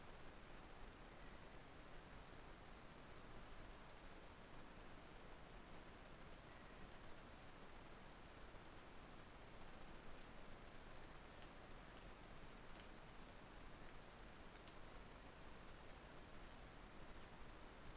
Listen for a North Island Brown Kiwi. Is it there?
no